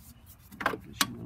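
On a 2008 BMW 135i E82 with front OEM Brembo brakes, the brake pad wear sensor wire is routed and pressed into its plastic retaining clip near the caliper. A few soft handling sounds around 0.6 s lead to a sharp, loud snap at 1.0 s as the wire seats in the clip.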